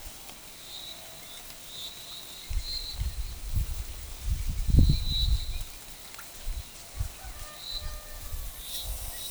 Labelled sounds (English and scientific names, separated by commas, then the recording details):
none
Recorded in forest near Pivijay, Magdalena, Colombia, on 18 April 2023 at 10:00
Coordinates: 10.467, -74.380
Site Z5-G034